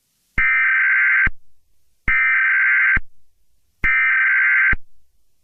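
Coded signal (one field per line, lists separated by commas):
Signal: Emergency Alert System (SAME) tones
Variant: header bursts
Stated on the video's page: Fictional EAS scenario built around an Amber Alert.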